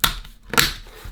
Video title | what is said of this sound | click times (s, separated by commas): How to FIX - PS5 Controller Works in Menu NOT in GAMES???? | so that is it to put this back in you just put these ears back in first like this and it clicks back into place | 0.0 s, 0.6 s